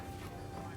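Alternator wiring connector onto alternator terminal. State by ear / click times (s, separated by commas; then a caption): not seated / none. A plastic wiring connector clip is being slid down onto the alternator terminal of a 2002–2006 Mini Cooper during reinstallation. The 0.9-second clip holds steady, dense broadband noise with a low hum and no sharp hit. Nothing has seated or clicked yet.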